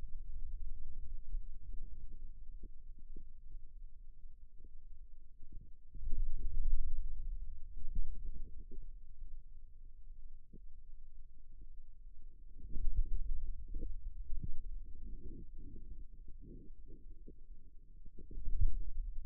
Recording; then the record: forearm muscle sounds (acoustic myography)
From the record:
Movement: pen grasping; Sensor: system 2, bracelet of six BSWA MPA416 microphones around the upper forearm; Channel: 5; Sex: male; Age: 22 years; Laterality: right